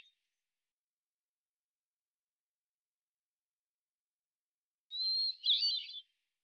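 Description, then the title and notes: Hermit thrush song: the tail of an earlier phrase at the very start, a long silence, then a single phrase near the end, a clear whistled note followed by a brief tumbling flourish. Single individual in Washington, Pacific Northwest, United States; song sequence isolated from original recording at natural pace and rhythm, ending with examples of eight basic phonemes and variants. "BIRDSong Thrushes And Allies - Hermit Thrush. Hermit Thrush, Catharus guttatus, individual performance, song sequence with an end block of example 8 basic phonemes and variants, isolated from original, natural pace and rhythm maintained Recorded in the beautiful Pacific Northwest, Washington, United States"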